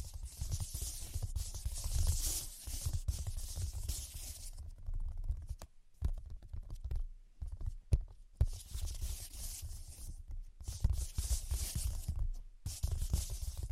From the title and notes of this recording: ASMR Brain Penetrating 3D Tapping (No Talking).